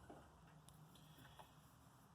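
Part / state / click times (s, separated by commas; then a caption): LED headlight adapter plug into the vehicle's factory headlight harness connector / seated / 0.7 s. A CyronMotor Urban7 LED headlight's adapter plug is pushed into the factory headlight wiring harness connector, a plastic connector, on a Jeep Wrangler. One sharp, short click sounds at 0.7 s as the plug seats in the connector.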